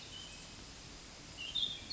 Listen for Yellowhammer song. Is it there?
no